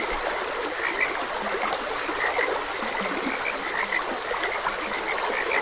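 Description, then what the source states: Frog croaks, some low and grunting, others short and high, repeated irregularly above a gently rushing stream. Frogs croaking beside a gentle stream.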